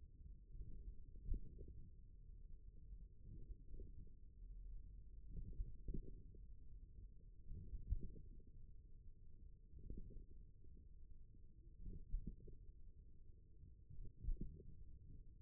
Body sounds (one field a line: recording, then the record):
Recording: forearm muscle sounds (acoustic myography)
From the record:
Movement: wrist extension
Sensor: system 1, eight BSWA MPA416 microphones around the upper forearm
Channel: 2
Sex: male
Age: 41 years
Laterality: right